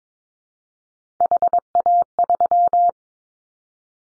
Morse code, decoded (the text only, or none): HA3